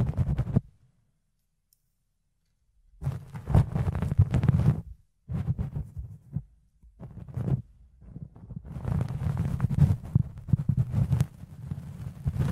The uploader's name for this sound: Fluffy Ear Cleaning, Ear Picking